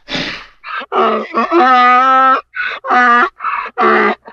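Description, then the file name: Donkey braying in a run of short harsh harmonic bursts, one longer wavering groan-like note in the middle, with brief gaps between breaths. "Burro"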